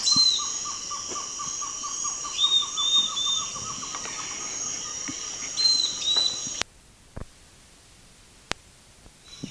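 Bird calls: a fast series of short, even, mid-pitched notes for about three seconds, then scattered high whistled phrases over a steady high insect hum, which cuts off abruptly, followed by a few sharp clicks.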